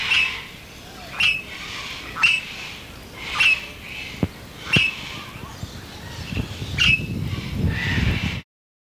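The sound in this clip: Alexandra's parrot giving several short, harsh squawking calls, repeated every second or so, over a low rumble.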